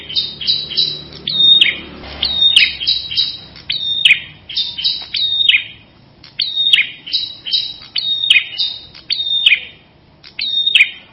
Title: Suara Prenjak Kepala Merah